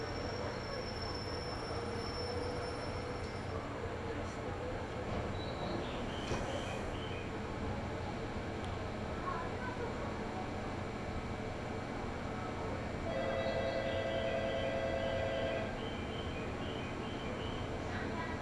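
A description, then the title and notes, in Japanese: Inside a local train, a dense, steady low rumble of wheels and running gear fills the whole clip. A thin high whine sounds early on, and from about 13 to 16 seconds a clear steady tone rises above the rumble, with faint bright squeaks scattered throughout. 中央東線 普通 韮崎→東山梨。韮崎を出てもまだ下り続けて甲府盆地に入ります。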